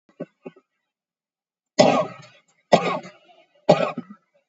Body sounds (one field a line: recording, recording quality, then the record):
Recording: shallow voluntary cough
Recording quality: excellent, no background noise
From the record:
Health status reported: COVID-19 positive, moderate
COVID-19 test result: positive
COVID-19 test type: RT-PCR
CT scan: taken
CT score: 6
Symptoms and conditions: cough, cold, fever, fatigue, diarrhoea, diabetes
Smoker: no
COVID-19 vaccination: none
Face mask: worn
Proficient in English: yes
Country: India